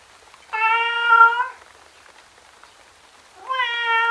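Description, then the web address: Cat giving long, plaintive meows, one held for about a second, then a second mournful meow beginning near the end after a quiet gap. Miserable tom cat outdoors in the rain. "miserable tom cat outside in the rain"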